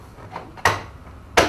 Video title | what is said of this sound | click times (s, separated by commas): RS-R40160. RED SEA. Аквариум MAX S-650 комплект рифовой системы. Часть 4 | which just clicks into place just remember to hold the wires down at the back while you're doing it | 0.7 s, 1.4 s